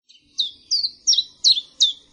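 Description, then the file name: Common chiffchaff song: a steady series of high, falling notes, nearly three per second, quiet background. "pierwiosnek"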